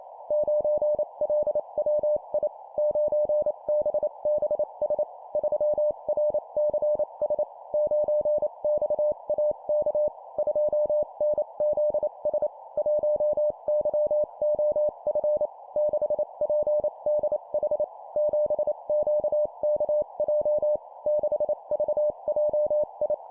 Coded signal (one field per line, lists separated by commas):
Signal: Morse code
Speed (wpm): 28 wpm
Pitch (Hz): 600 Hz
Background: none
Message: 9LWI 9BBS 3RCS 9XAK 2NZS 1YOF 6PDH 7QKJ 6VJI